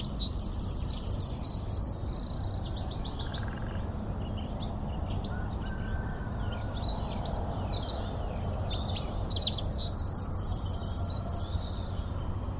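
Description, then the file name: Eurasian wren song: two loud, rapid bursts of high trills and sharp notes, the first at the start and another near the end, with quieter high twitters between. "Troglodytes troglodytes"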